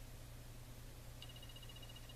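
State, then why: Not seated. A support pole marked G is being pushed onto the pole attached to the base module of an animatronic Halloween figure, and nothing has seated or clicked yet. A steady low hum and faint hiss run throughout, and at about 1.2 s a brief sharp onset starts a thin high-pitched tone that holds until the end.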